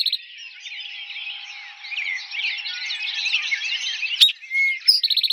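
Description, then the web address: Eastern towhee: dense bird chatter fills most. Close to the end an Eastern towhee sings a sharp note, a clear whistle and a higher note, then the start of a rapid trill. Recorded in 2007. "Eastern Towhee 2007 01 04 Eastern Towhee"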